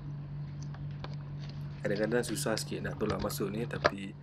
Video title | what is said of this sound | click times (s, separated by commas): Cara start & tips penjagaan enjin sangkut 2 stroke (Yamaha Enduro 30HP) | So dia dah masuk lock betul lah tu. | 1.0 s